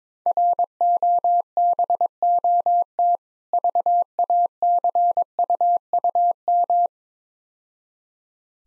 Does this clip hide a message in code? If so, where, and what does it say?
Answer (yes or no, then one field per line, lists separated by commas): yes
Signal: Morse code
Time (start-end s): 0.3-6.9 s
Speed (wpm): 23 wpm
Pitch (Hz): 700 Hz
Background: none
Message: ROBOT VACUUM